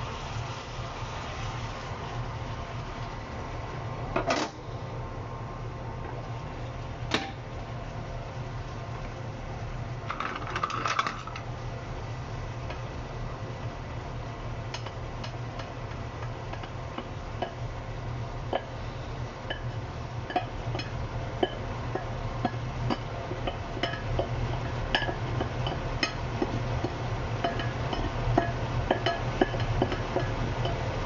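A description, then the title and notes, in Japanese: Kitchen sounds while stir-frying chicken breast with vegetables. A steady low fan-like hum runs throughout. Sharp metal clinks of utensils and pans land near 4, 7 and 10–11 seconds, and small crackling ticks grow busier in the second half. 調理の音 鶏むね野菜炒め。キッチンでの物音をお送りします。主に鶏むね野菜炒め（一部卵とじ）を作っています。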